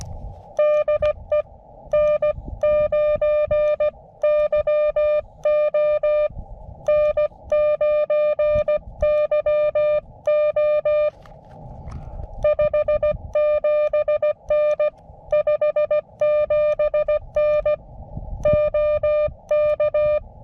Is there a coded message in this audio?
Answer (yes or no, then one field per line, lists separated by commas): yes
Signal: Morse code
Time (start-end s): 0.6-20.2 s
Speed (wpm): 16 wpm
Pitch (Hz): 600 Hz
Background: music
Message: DE N9YO N9YO 57N 57N OK